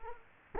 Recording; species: mosquito wingbeat signal from an infrared sensor; Culex quinquefasciatus